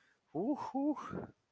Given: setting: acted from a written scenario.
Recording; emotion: vocal sound without words; triumph